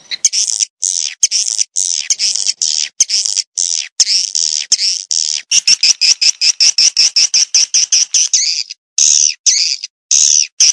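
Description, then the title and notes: Swiftlet calls: sharp, high, buzzy chirps in a quick pulsed series, speeding into rapid clicks, separated by short silent gaps near the end. Swiftlet farming sound from Asia. "Swiflet Bird Sound. Farming Swiflet Bird asia sound"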